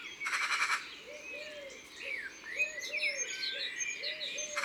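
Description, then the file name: Eurasian magpie harsh rattling chatter in a short burst at the start and again at the end, amid thin whistles and soft looping notes from other birds. "Pie bavarde ABC des chants doiseaux"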